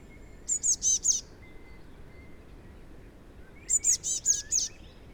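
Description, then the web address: Eurasian blue tit giving two bursts of several high, clipped notes about three seconds apart, a faint whistle sounding between them. "SETE data Cyanistes caeruleus"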